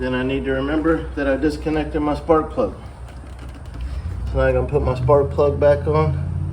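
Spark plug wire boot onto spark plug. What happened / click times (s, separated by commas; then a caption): Handled, not yet home: no seating click from the connector / none. A man talks while handling the rubber spark plug wire boot on a Honda lawn mower, about to push it back onto the spark plug terminal after servicing. Nothing has seated or clicked yet, and no sharp sounds stand out over his voice and faint background noise.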